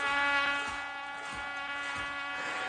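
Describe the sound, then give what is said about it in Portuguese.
A drone, the 'drone águia', buzzes with a steady, high-pitched whine as it goes up at a live Super Pop show in Salinas, its even motor hum holding constant throughout with slight wavering in pitch. No one speaks. “Peraí que o nosso drone águia vai subir!”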